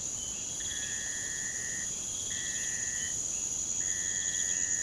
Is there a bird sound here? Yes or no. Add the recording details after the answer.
no. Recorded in pastures near Puerto Asís, Putumayo, Colombia, on 22 June 2025 at 02:30. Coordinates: 0.472, -76.331. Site G095